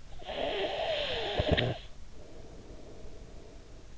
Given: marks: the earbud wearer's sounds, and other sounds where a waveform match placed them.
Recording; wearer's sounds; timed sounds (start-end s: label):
sounds in sleep by an in-ear microphone; snoring breath
0.00-3.75 s: snoring breath